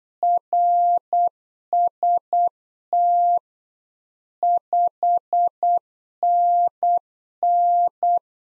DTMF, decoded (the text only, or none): none